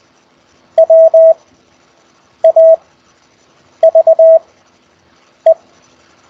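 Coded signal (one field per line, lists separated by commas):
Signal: Morse code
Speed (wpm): 20 wpm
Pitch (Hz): 650 Hz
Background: none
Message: WAVE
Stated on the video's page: Raw CW QSO practice exchanged over Skype, week eight.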